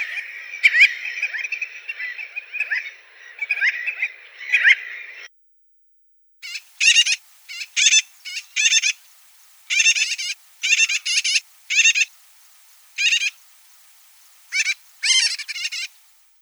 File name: Krachka chajkonosaja